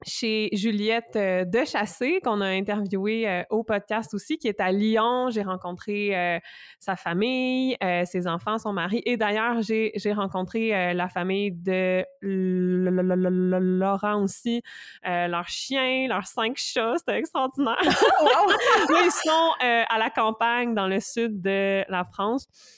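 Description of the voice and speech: An adult woman who stutters, a speech-language pathologist and doctoral candidate, speaks French at a fairly quick pace, with many filled pauses, stretched sounds, a long silent block and a repeated first sound ('l-Laurent'), plus brief laughter. These are mild stuttering blocks, repetitions and prolongations.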